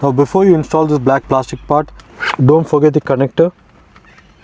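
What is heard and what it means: Someone talks while working on the gear shift symbol bulb of a 2007 Lexus RX 350, preparing to plug the electrical connector back into the shift indicator housing before the black plastic part goes in. The connector has not seated or clicked yet, and the clip ends in low, quiet handling.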